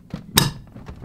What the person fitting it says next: so you could hear it click when it dropped in so I know it's seated all the way